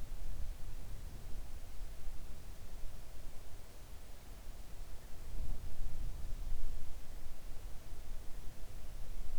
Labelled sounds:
near silence
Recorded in the Arctic National Wildlife Refuge, Alaska, on 3 August 2019 at 05:25
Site 41

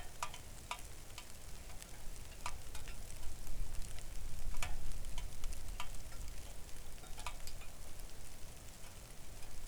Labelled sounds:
rain
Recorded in the Arctic National Wildlife Refuge, Alaska, on 3 August 2019 at 05:51
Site 41

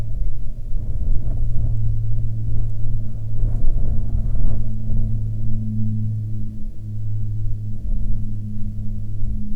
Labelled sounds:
wind
aircraft
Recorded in the Prudhoe Bay oil fields, Alaska, on 12 June 2019 at 10:20
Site 11

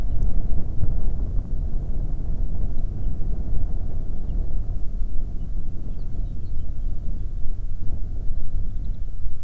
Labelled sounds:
bird
wind
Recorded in the Arctic National Wildlife Refuge, Alaska, on 20 May 2019 at 12:02
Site 38

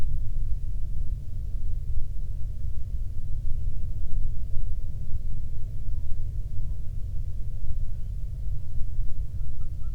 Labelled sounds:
songbird
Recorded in the Prudhoe Bay oil fields, Alaska, on 13 June 2019 at 00:02
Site 24

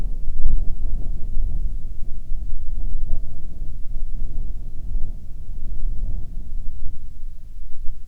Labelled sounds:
wind
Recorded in the Prudhoe Bay oil fields, Alaska, on 10 July 2019 at 13:59
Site 14

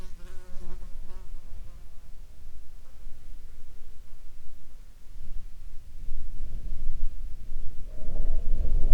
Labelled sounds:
wind
insects
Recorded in the Arctic National Wildlife Refuge, Alaska, on 19 July 2021 at 21:49
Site 42

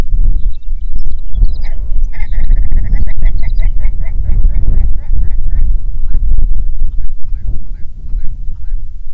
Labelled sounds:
songbird
grouse or ptarmigan
wind
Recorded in the Prudhoe Bay oil fields, Alaska, on 6 June 2019 at 04:23
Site 16

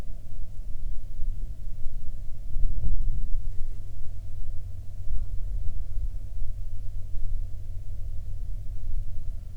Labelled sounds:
wind
insects
man-made sound
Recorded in the Prudhoe Bay oil fields, Alaska, on 8 July 2019 at 13:49
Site 13

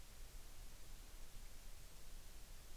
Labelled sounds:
near silence
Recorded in the Arctic National Wildlife Refuge, Alaska, on 3 August 2019
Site 33

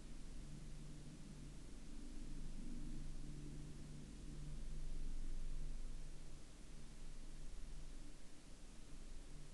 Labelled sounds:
aircraft
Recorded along the Dempster Highway, Canada, on 14 October 2020 at 16:01
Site 12

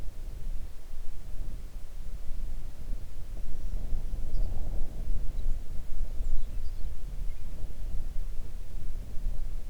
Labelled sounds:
songbird
wind
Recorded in the Arctic National Wildlife Refuge, Alaska, on 3 June 2019 at 04:46
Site 37

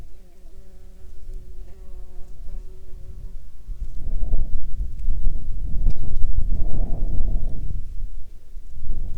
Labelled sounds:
wind
insects
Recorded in the Prudhoe Bay oil fields, Alaska, on 30 July 2019 at 16:40
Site 21

